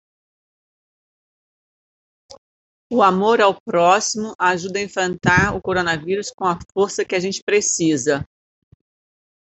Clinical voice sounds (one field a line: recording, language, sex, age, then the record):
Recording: spoken sentence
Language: Brazilian Portuguese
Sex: female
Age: 50 to 59 years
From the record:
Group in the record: control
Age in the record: 54 years